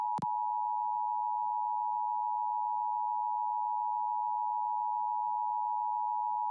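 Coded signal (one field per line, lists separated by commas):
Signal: Emergency Alert System (SAME) tones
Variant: 853 and 960 Hz attention tone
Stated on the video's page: Live AM/MW DX reception on Perseus SDR and Elad FDM-S3 with vactrol-controlled KAZ antennas and Lankford-Misek phaser.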